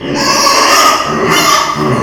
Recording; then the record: squeal of a Yucatan mini pig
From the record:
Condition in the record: before surgery on the right vocal fold (resection and tissue-engineered implant); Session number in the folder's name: 2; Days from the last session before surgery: 0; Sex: male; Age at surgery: 12 weeks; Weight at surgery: 13 kg